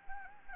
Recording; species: mosquito wingbeat signal from an infrared sensor; Anopheles arabiensis